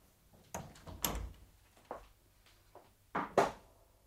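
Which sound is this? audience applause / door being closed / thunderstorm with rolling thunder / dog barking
door being closed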